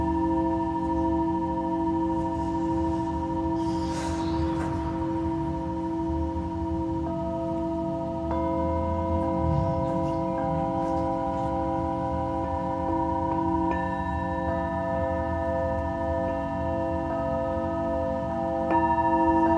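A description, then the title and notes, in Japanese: A singing bowl rings with a steady, sustained hum, its layered tones holding throughout. New tones enter around 7, 8, 13 and 19 seconds as the bowl is struck again, and a brief rushing swish rises near 4 seconds over a low, rumbling bed. メキシコから シンギングボウルのサウンドヒーリング。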